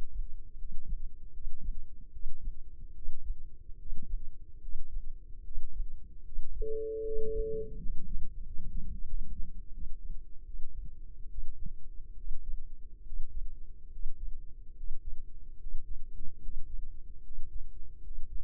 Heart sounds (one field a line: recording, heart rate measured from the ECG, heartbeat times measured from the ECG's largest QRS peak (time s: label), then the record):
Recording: heart sounds by microphone in the left ear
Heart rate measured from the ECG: 76 bpm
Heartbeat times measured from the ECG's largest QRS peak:
0.55 s: heartbeat
1.30 s: heartbeat
2.09 s: heartbeat
2.92 s: heartbeat
3.76 s: heartbeat
4.58 s: heartbeat
5.41 s: heartbeat
6.22 s: heartbeat
7.01 s: heartbeat
7.77 s: heartbeat
8.41 s: heartbeat
9.04 s: heartbeat
9.71 s: heartbeat
10.43 s: heartbeat
11.27 s: heartbeat
12.14 s: heartbeat
13.02 s: heartbeat
13.88 s: heartbeat
14.72 s: heartbeat
15.56 s: heartbeat
16.38 s: heartbeat
17.20 s: heartbeat
18.00 s: heartbeat
From the record:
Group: healthy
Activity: rest 0-6 s, breath hold 6-19 s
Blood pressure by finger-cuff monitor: 105/66 mmHg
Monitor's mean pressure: 78 mmHg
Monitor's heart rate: 72 bpm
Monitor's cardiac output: 5.2 L/min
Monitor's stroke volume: 69 mL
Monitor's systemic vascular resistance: 1070 dyn s/cm5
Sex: male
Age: 20 years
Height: 167 cm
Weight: 61 kg